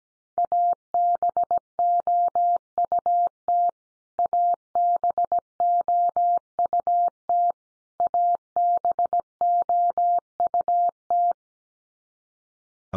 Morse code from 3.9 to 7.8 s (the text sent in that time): ABOUT